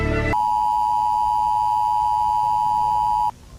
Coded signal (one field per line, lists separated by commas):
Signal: Emergency Alert System (SAME) tones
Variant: 853 and 960 Hz attention tone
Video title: L O C A L 5 8 T V - Weather Service | EAS Scenario